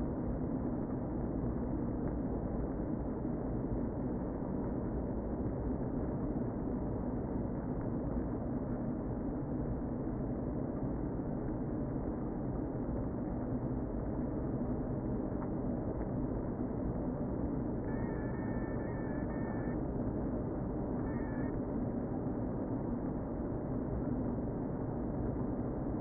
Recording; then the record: honeybee colony, microphone inside the hive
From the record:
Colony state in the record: queen present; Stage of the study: before two queens were removed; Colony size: about 60,000 bees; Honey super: yes